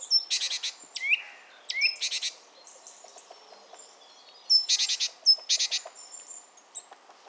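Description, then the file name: Great tit calls in four quick buzzy rattles, each opened by a short high whistle, with thin softer calls scattered between the bursts. "Parus major"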